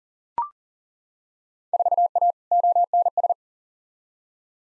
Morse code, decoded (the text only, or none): 4A ONS